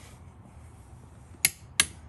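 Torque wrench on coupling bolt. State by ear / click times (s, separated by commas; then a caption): torque reached / 1.4 s, 1.8 s. A clicking torque wrench set to 29.5 lb tightens a coupling bolt on a 2016 Segway X2. After a low, steady background, two sharp clicks ring out at 1.4 and 1.8 seconds. The wrench has reached its set value.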